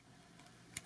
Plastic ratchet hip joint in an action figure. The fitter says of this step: click into place and they've got the place where they sit now that